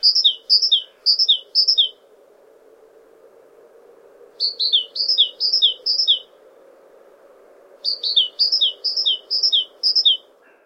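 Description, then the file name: Great tit song, a ringing alternating high-low pair of notes repeated several times per burst, three bursts spaced by pauses, with faint constant background hum. "Parus major"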